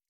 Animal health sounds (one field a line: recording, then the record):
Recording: hydrophone in a shrimp aquaculture tank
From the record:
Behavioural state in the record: stressed